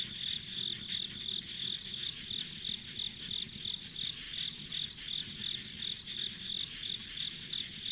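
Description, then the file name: Insects give rapid pulsed high chirps, about three per second, with continuous shrill buzzing and low-pitched rumble underneath. Ambient insect sounds recorded on a country road. "田舎道の虫の環境音"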